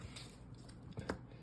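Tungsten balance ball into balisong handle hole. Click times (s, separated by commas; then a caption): 0.2 s, 1.1 s. Small tungsten balls are pushed with the tip of a clicky pen into holes in a metal Nabalis Impulse balisong handle as part of installing zippy mods. Snaps are heard at 0.2 s and 1.1 s, the second being the sharpest, over a faint low background. Both balls go in only partly and are not fully seated, so they still need to be wiggled in.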